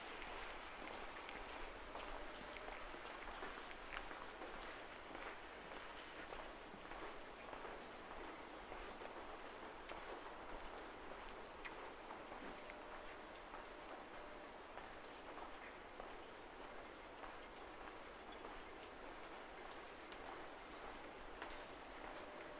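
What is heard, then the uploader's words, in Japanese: Rain falls steadily for the whole stretch, a dense, even hiss that sits mostly in the middle and upper range with little low rumble. Tiny sharp drop ticks flicker through it, and the level barely changes from start to finish. バイノーラルで撮った雨音です。雨の中を歩く音。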